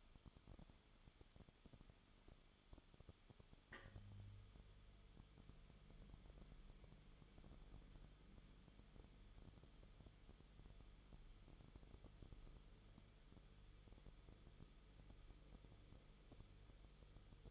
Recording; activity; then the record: daily activity, microphone in the room; no activity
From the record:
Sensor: 4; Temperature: 22.9 degrees Celsius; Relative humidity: 34.5%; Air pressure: 1011.5 hPa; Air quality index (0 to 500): 193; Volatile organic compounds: 13 ppm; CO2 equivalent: 2389 ppm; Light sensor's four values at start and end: 2/3/1/1 and 2/3/1/1